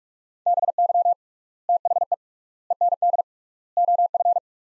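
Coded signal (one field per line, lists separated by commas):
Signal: Morse code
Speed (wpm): 41 wpm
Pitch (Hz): 700 Hz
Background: none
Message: BY THE END OF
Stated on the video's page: Morse practice of four-word sets at 45 wpm with 3x word spacing, similar to Farnsworth, for head-copy.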